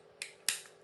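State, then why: Seated. A 3D-printed plastic camera housing cover is pressed into place over the wrapped camera cord on the printer's camera case. A softer click at 0.2 s is followed by a sharp, bright snap at 0.5 s as the cover seats.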